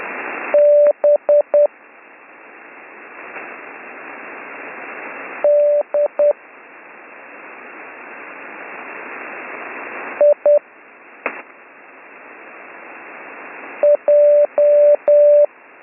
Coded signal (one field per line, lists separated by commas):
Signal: Morse code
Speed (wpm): 10 wpm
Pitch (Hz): 590 Hz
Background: none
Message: B D I J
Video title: Slow Morse Code Course - Week 3